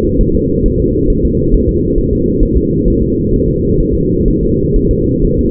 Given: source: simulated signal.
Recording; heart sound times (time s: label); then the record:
fetal heart sounds
0.21 s: S1
0.35 s: S2
0.66 s: S1
0.80 s: S2
1.10 s: S1
1.25 s: S2
1.54 s: S1
1.69 s: S2
1.98 s: S1
2.13 s: S2
2.43 s: S1
2.57 s: S2
2.88 s: S1
3.02 s: S2
3.34 s: S1
3.48 s: S2
3.80 s: S1
3.95 s: S2
4.28 s: S1
4.43 s: S2
4.76 s: S1
4.91 s: S2
5.25 s: S1
5.39 s: S2
From the record:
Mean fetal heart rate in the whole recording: 130 bpm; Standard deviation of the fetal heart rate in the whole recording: 4 bpm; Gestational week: 38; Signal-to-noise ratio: -14.7 dB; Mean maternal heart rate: 72 bpm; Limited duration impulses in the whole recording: present